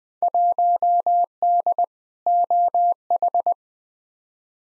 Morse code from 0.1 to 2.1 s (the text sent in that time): 1D